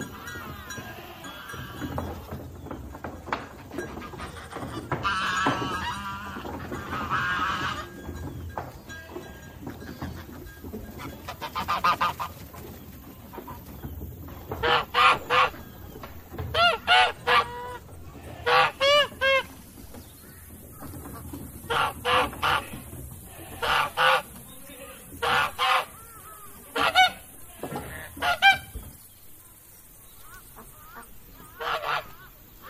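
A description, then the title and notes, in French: Farm animals with a steady low rumble underneath. The first half holds scattered softer cries and rustling, with a brief cluster of calls around five to eight seconds. From about fifteen seconds, short loud goose-like honks repeat every second or two until near the end. A la ferme avec ses animaux.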